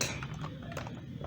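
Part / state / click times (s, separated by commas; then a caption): lid latch of a vacuum sealing machine / not seated / none. The lid of a plastic vacuum-sealing machine is pressed down on one side by hand, but its latch has not clacked shut yet. A brief sharp knock opens the clip, followed by light, uneven hollow taps and handling noise over a low steady hum. Nothing has seated or clicked by the end.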